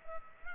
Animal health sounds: mosquito wingbeat signal from an infrared sensor; Culex pipiens

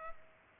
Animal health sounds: mosquito wingbeat signal from an infrared sensor; Culex pipiens

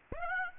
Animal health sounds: mosquito wingbeat signal from an infrared sensor; Aedes aegypti

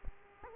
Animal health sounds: mosquito wingbeat signal from an infrared sensor; Aedes aegypti

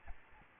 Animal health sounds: mosquito wingbeat signal from an infrared sensor; Aedes albopictus

